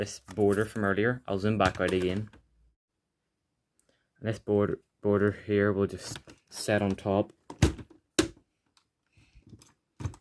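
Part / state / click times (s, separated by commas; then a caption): plastic border trim onto the laptop housing / seated / 8.2 s. Someone talks while setting a plastic border (bezel) on top of the housing of an Acer Aspire 5750 laptop, whose hinge is broken, and pressing it down so its clips engage. A sharp click at 8.2 s marks the bezel snapping into place, followed by a few faint ticks.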